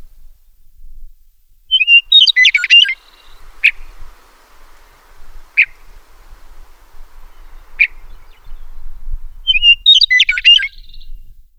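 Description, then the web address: Meadowlark song: two bubbling, jumbled phrases of quick high notes open and close the stretch, with three lone sharp notes spaced in the quiet between them. "meadowlark daniel simion"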